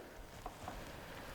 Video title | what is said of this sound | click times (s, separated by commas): I REBUILT A BROKEN DAMAGED RANGE ROVER ENGINE 3.0 TDV6 - FULL BUILD | It's not click. So, it's under 15. | none